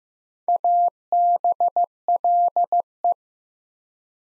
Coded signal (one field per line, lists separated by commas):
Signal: Morse code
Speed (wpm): 15 wpm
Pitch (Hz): 700 Hz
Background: none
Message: ABLE